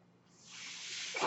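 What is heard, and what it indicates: Steadily rising airy hiss of a mechanical ventilator pushing air, growing louder over about a second.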